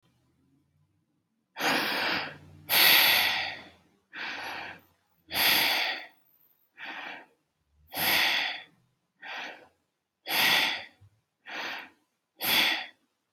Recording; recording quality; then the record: deep breathing; excellent, no background noise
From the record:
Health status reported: healthy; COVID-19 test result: not tested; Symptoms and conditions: none ticked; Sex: female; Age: 48 years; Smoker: not ticked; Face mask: not worn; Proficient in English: yes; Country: United States